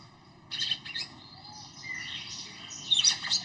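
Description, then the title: Red-cowled cardinal song: a brief jumble of bright, high chirps and warbled notes, with a louder burst of sharp twittering near the end. Female singing to the male; described as a lively female. "Canto Galo Campina Fêmea. FÊMEA DE GALO DE CAMPINA FOGOSA CANTANDO PRO MACHO"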